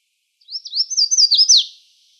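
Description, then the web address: Red-faced warbler gives one bright, high-pitched warbled phrase of rapid slurred notes, building then dropping at the close. Recorded in Arizona on 2 May 2004. "Other Warblers RFWA"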